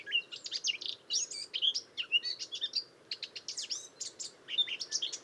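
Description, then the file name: Eurasian blackcap: busy, fairly quiet warbling of quick chips and whistled slurs continues throughout over steady background hiss. "Sylvia atricapilla"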